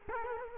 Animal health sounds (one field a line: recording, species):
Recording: mosquito wingbeat signal from an infrared sensor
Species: Culex quinquefasciatus